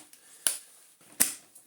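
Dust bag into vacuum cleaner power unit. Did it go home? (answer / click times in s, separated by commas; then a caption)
yes / 0.5 s, 1.2 s. After an earlier failed attempt, a new dust bag is pushed again onto the power unit of a Vorwerk VK120 vacuum cleaner. Two sharp clicks ring out at 0.5 s and 1.2 s against faint background noise, with a few soft ticks around them. The bag snaps into place, and the unit now has a fresh bag.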